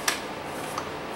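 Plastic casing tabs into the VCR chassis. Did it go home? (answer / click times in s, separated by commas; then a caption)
yes / 0.1 s, 0.8 s. On a totally dead Mitsubishi HSU760 S-VHS VCR being reassembled, the plastic casing is pulled forward so its tabs lock in underneath the plastic of the chassis. Two sharp ticking snaps are heard at 0.1 s and 0.8 s, the first louder. The casing tabs lock into place.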